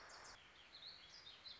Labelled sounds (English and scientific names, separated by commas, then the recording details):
Warbling Vireo (Vireo gilvus)
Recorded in Sonoma County, California